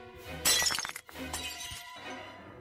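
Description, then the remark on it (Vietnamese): A ceramic cup flies through the air and smashes against a man's head with a sharp, bright crash, followed by a brief scatter of tinkling shards, then a lower clattering tail as pieces settle. “Thầy Hoan lỡ tay, còn chưa kịp phản ứng, đang định đỡ lão dậy thì một cái chén bay đánh vồ thẳng vào đầu của thầy, vỡ tan tành.”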